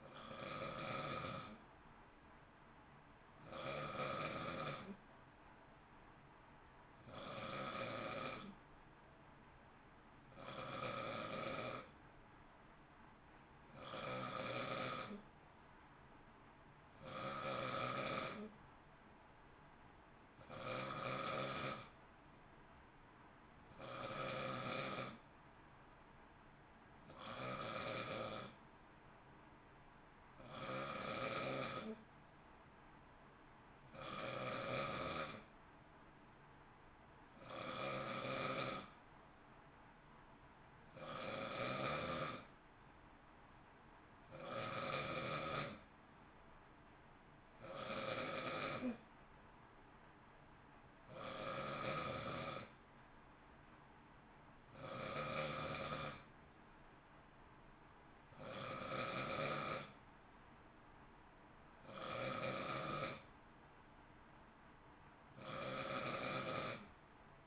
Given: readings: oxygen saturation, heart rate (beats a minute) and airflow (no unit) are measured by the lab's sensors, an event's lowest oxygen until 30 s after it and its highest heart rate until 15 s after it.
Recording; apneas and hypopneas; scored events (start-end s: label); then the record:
breathing in sleep by a voice recorder at the bedside; none
none scored
From the record:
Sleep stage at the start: N2 (light sleep); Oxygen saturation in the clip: 91 to 92%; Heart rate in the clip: 55 to 59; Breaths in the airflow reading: 21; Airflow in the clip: -0.6 to 0.7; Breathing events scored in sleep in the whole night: 328 in 6.3 hours asleep